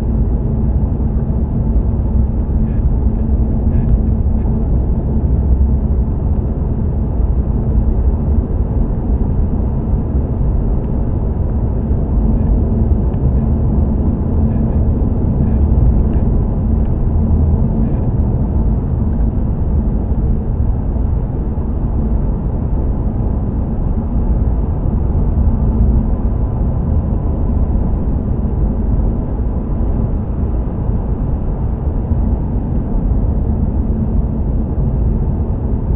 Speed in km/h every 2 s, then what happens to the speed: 61, 63, 63, 66, 68, 69, 72, 72, 69, 69, 72, 74, 74, 72, 72, 69, 66, 63.
0-12 speeds up to 72. 12-28 steady at about 72. 28-36 slows to 63.